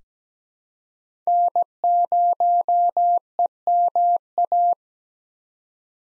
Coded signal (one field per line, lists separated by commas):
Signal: Morse code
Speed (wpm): 17 wpm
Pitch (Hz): 700 Hz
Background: none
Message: N0EMA